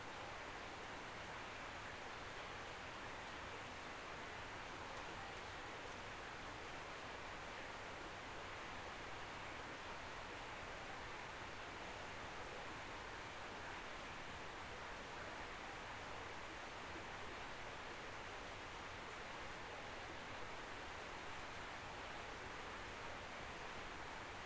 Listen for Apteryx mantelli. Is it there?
no